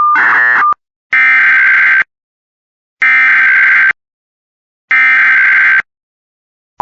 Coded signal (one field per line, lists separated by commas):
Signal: Emergency Alert System (SAME) tones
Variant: header bursts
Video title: Texas amber alert EAS #34